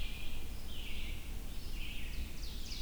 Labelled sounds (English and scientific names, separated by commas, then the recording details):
Ovenbird (Seiurus aurocapilla) song
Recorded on 22 June 2016 at 05:03
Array SBT-6-76